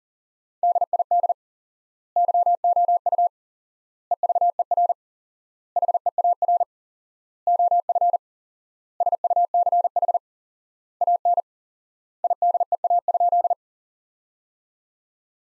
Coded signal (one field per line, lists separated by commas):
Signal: Morse code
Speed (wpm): 40 wpm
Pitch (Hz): 700 Hz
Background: none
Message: DID YOU EVER HEAR OF SUCH AN IDEA?